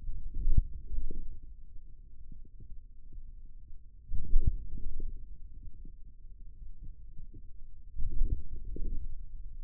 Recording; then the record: forearm muscle sounds (acoustic myography)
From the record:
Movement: outward rotation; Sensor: system 2, bracelet of six BSWA MPA416 microphones around the upper forearm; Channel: 3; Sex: male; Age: 22 years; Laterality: right